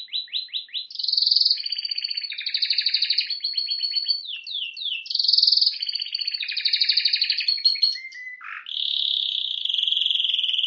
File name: Canary Voice